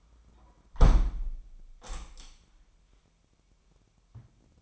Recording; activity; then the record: daily activity, microphone in the room; close window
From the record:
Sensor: 1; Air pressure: 998.1 hPa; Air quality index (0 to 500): 139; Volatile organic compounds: 4 ppm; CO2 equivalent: 1661 ppm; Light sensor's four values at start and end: 16/54/22/22 and 16/55/22/22